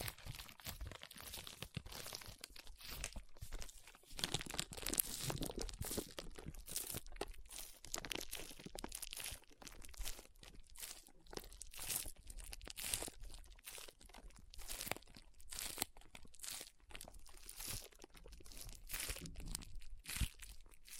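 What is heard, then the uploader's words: Foam is squeezed and rubbed in a rapid, irregular stream of crunchy, crinkling bursts that run without pause for the whole stretch. The scratchy texture is bright and dense, with louder crackling surges recurring every second or two among softer rustles. ASMR Powerful Foam Brain Massage.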